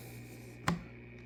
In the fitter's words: That's one click.